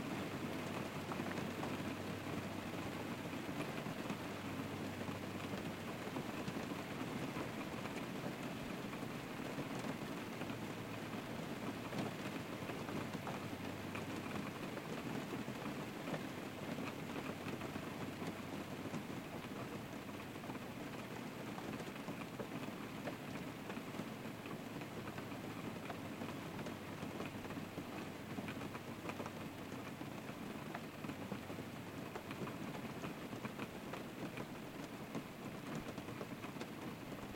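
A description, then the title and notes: Rain patters steadily and densely on a tent, an even hiss of drops over a soft low rumble that never lets up. Rainy Night In A Tent.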